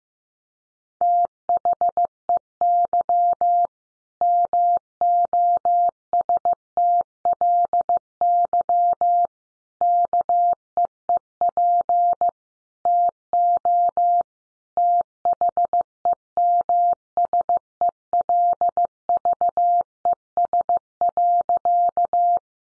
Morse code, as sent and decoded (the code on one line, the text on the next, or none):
- .... . -.-- / -- --- ... - .-.. -.-- / -.- . . .--. / - --- / - .... . -- ... . .-.. ...- . ... .-.-.-
THEY MOSTLY KEEP TO THEMSELVES.